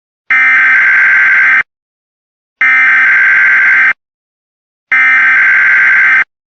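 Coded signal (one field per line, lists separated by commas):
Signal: Emergency Alert System (SAME) tones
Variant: header bursts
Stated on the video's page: Simulated EAS tornado warning scenario for Cook and DuPage counties.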